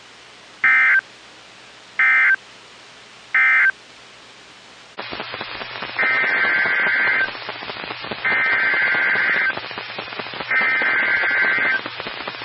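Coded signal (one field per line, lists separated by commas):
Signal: Emergency Alert System (SAME) tones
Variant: header bursts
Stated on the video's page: Severe storm alerts received from NOAA weather radio stations in Covington, Kentucky, Columbus and Miamisburg, Ohio.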